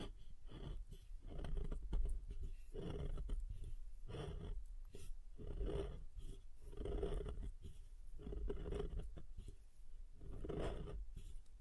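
Soap being tapped and carved, with a run of short scraping strokes that come in quick bursts about every second. Each cut has a dry, crunchy texture with bright crackly edges over a low thud, and the strokes keep a fairly steady, unhurried rhythm throughout.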